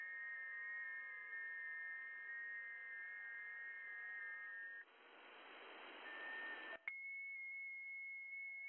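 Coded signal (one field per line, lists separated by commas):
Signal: FT8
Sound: several overlapping warbling tones stepping steadily in pitch, broken by a burst of hiss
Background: radio static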